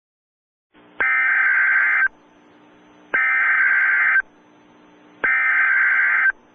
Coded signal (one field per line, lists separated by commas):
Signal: Emergency Alert System (SAME) tones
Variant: header bursts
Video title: Mega Man Nightmare Boss Attack (multi-part EAS mock-up) - Part 1-3